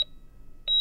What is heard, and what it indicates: Up on the LTAC's third floor, Daniela remembers hearing familiar ICU sounds. The heart rate monitor, regular sort of staccato beeping.